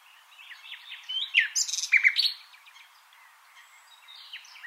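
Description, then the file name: Nightingale song of mixed whistles and harsh rapid notes rising to a loud middle burst, then fading into quiet scattered notes. "Luscinia megarhynchos"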